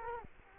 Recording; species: mosquito wingbeat signal from an infrared sensor; Culex quinquefasciatus